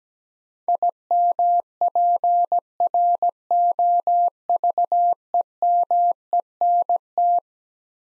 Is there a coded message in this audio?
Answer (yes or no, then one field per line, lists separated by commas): yes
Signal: Morse code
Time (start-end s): 0.7-7.4 s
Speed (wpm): 17 wpm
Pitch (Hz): 700 Hz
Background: none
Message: IMPROVEMENT